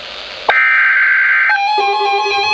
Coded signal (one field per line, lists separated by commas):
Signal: Emergency Alert System (SAME) tones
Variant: header bursts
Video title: Flash Flood Warning (EAS #1,202)